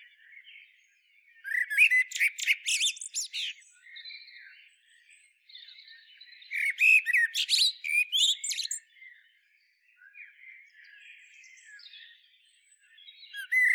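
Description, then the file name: Common blackbird song with two loud phrases of whistled notes and high, chattering twitter, with softer warbling between and more notes starting at the end. "Turdus merula"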